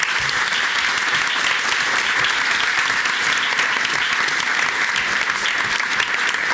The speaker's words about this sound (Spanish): otro que se ha apuntado a esta fiesta del Mary Podcast este año y al que, bueno, le vamos a dar también otro aplauso.